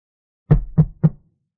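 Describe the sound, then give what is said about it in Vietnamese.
Three firm knocks on the door of the prison warden's private room at Changi Prison, evenly spaced at a steady rhythm, each a low, thudding rap. No voices accompany them. “Vào đi, trưởng ngục Yao Sim nói. Cánh cửa mở ra”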